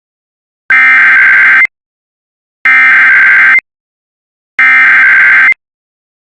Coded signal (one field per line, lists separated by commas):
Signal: Emergency Alert System (SAME) tones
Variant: header bursts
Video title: IPAWSCAP EAS Fire Warning and Local Area Emergency for wildfires in Colorado (06/30/26)